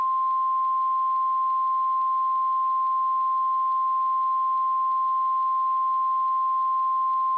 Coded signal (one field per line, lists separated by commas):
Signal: Emergency Alert System (SAME) tones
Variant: 1050 Hz attention tone